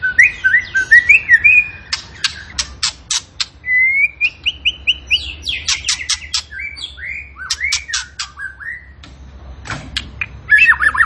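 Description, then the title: Tembakan bird song: long sequence of rapid clicking ticks interleaved with rising whistled notes and looping phrases, continuing throughout. Cage bird training recording (masteran) of a Tembakan bird in energetic, frequent singing form (gacor). "Masteran Burung Tembakan Gacor"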